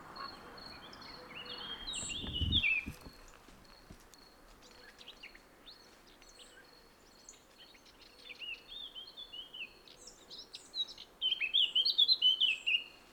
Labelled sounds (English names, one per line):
Eurasian Blackcap song